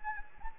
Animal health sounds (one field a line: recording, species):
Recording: mosquito wingbeat signal from an infrared sensor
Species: Anopheles arabiensis